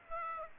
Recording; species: mosquito wingbeat signal from an infrared sensor; Aedes aegypti